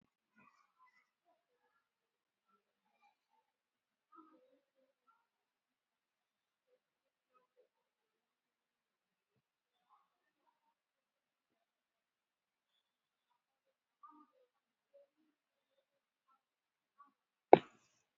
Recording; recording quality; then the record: deep breathing; poor, much background noise or distortion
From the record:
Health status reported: COVID-19 positive, moderate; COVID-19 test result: positive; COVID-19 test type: RT-PCR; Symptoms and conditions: cough, cold, fever, loss of smell and taste, diabetes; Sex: female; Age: 54 years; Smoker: no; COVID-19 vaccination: one dose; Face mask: worn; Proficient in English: yes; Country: India